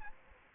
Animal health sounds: mosquito wingbeat signal from an infrared sensor; Aedes aegypti

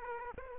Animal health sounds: mosquito wingbeat signal from an infrared sensor; Aedes aegypti

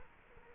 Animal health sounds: mosquito wingbeat signal from an infrared sensor; Culex quinquefasciatus

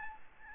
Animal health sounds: mosquito wingbeat signal from an infrared sensor; Aedes albopictus

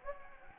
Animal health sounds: mosquito wingbeat signal from an infrared sensor; Anopheles gambiae

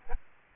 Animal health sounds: mosquito wingbeat signal from an infrared sensor; Aedes albopictus

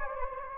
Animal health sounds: mosquito wingbeat signal from an infrared sensor; Anopheles gambiae

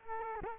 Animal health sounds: mosquito wingbeat signal from an infrared sensor; Culex quinquefasciatus

